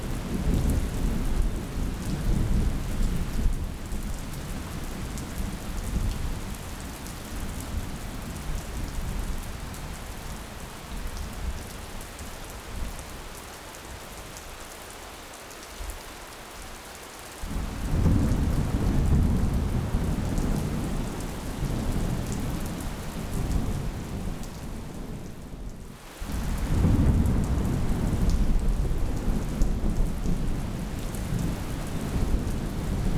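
Monsoon thunderstorm with heavy, dense rain hissing steadily throughout. Deep rolling thunder rumbles loudly at the start, eases around the middle, then surges back near 18 seconds, and again after a brief hush near 26 seconds, staying powerful.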